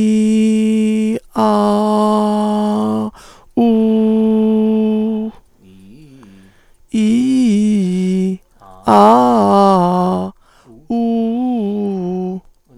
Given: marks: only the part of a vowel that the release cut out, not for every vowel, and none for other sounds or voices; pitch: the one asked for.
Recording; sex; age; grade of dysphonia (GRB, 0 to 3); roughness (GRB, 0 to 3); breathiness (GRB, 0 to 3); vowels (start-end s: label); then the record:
sustained vowels; female; 60 to 69 years; 2; 1; 2
0.43-1.09 s: vowel /i/, low pitch
2.18-2.98 s: vowel /a/, low pitch
3.70-5.15 s: vowel /u/, low pitch
7.03-8.20 s: vowel /i/, low-high-low pitch
9.15-10.03 s: vowel /a/, low-high-low pitch
11.14-12.16 s: vowel /u/, low-high-low pitch
From the record:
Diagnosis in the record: vallecular cyst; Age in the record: 62 years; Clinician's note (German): Links, Stimmlippen zeigen unauffälliges Schwingungsbild